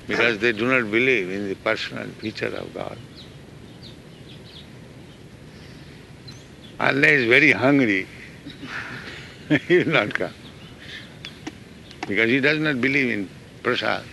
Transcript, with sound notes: because they do not believe in the personal feature of God. Unless very hungry, [chuckles] he will not come, because he does not believe in prasāda,